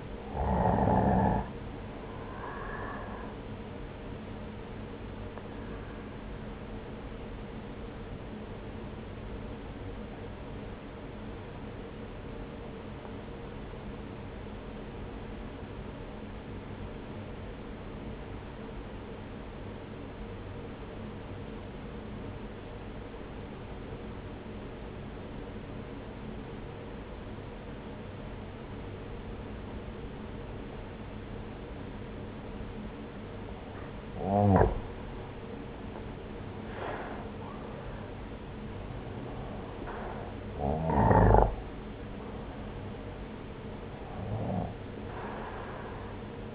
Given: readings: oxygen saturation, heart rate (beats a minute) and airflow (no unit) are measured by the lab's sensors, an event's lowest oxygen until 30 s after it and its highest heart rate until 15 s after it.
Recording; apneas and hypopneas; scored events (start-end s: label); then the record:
breathing in sleep by a voice recorder at the bedside; 1
5.00-34.80 s: obstructive apnea (N1, oxygen 95% highest, then 88% lowest)
From the record:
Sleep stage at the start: N1 (lightest sleep); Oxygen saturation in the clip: 86 to 95%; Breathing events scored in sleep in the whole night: 303 in 8.1 hours asleep